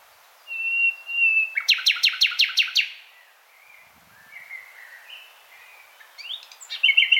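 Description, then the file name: Common nightingale song: a pure, steady whistle, then a fast burst of loud repeated sharp notes, followed by quieter varied warbles and a final rapid trill. "Luscinia megarhynchos"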